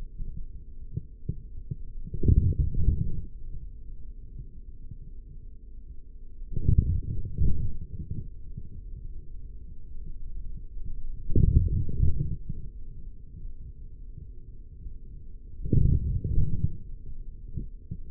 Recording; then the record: forearm muscle sounds (acoustic myography)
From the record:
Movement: forearm supination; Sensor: system 3, bracelet of six PUI Audio POM-2738L microphones around the upper forearm, with dedicated amplification and filtering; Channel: 4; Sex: male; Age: 43 years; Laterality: right